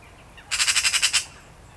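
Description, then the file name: Eurasian magpie chatter: a single dry, harsh rattle of about nine quick pulses lasting under a second. "Pica pica"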